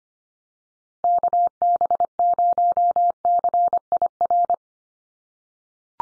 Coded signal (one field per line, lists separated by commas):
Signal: Morse code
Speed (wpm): 25 wpm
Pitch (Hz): 700 Hz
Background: none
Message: KB0CIR